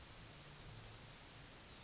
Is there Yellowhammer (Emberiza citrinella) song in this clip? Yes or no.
yes